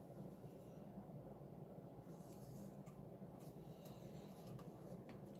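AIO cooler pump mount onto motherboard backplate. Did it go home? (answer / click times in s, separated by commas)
no / none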